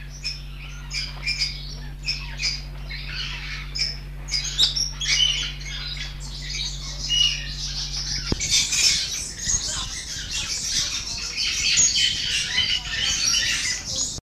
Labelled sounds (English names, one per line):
Red-flanked Lorikeet call